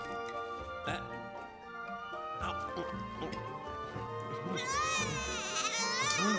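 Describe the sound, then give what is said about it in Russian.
An infant girl cries in rising, wavering wails that grow louder and more strained toward the end, over a steady harmonic background, as her father tries to feed her. “Пытается накормить плачущую Мирай.”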